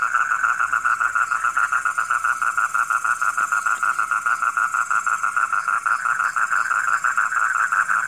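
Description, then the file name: Frog croaking in a rapid, even series of pulsed notes, about three per second, keeping a steady pitch throughout. Heard at night. "suara kodok di malam hari"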